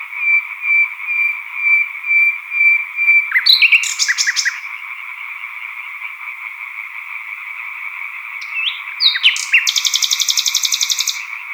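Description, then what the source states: European tree frog chorus, a dense unbroken rasping band throughout, with a nightingale's rapid whistled and trilled phrases laid over it, including a fast buzzy rattle near the end. Chorus of European tree frogs recorded at Sattenay; dated 140418.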